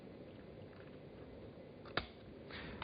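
A second SO-DIMM memory stick is fitted and pushed down into a notebook's memory slot. Against a low, steady background there is a sharp click at 2.0 s as it latches into place, followed by a softer tick near 2.8 s. Both sticks end up fitted and ready to go.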